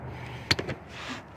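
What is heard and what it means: A torque wrench tightens the oil filter canister or drain bolt on a Triumph TR7 engine during an oil change with an OEM canister filter. A sharp, short click at 0.5 s is followed by a softer tap at 0.6 s over low background noise. The wrench clicks at its setting, confirming the bolt is torqued, though the click is not very loud.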